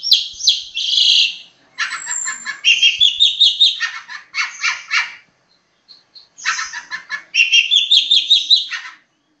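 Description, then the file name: Long-tailed shrike song, a fast varied run of harsh chattering notes mixed with rising whistled phrases, broken by two short pauses. Master song used for training songbirds. "cendet master. omkicau"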